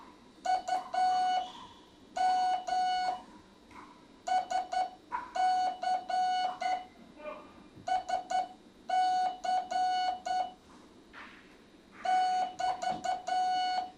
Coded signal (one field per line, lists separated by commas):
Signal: Morse code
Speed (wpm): 10 wpm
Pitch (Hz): 740 Hz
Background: none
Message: UM SC SC <BT>